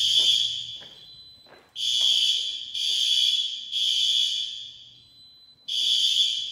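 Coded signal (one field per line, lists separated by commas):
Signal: alarm pattern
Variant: fire alarm horn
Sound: harsh buzzing horn sounding three blasts of about a second, a pause, then another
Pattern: temporal three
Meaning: Temporal-three pattern signals fire evacuation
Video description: Test of another Gamewell S3 panel with SpectrAlert Advances.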